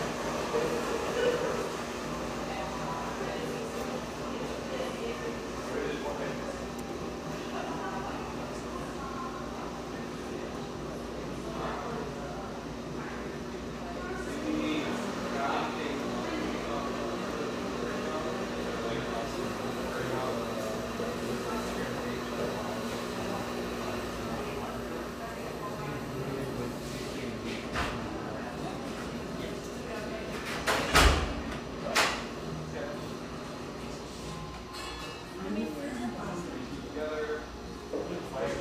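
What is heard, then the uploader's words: Coffeehouse ambience with a steady murmur of overlapping voices and a low, constant hum beneath, while soft music drifts through at a low level. Small clinks and taps surface now and then, and a sharp bang or clatter cuts through around the 31-second mark. Hazelwood, Portland, Oregon. The sounds and mellow radio of this beautiful exposed-brick coffeehouse in the Northeast Portland neighborhood of Hazelwood.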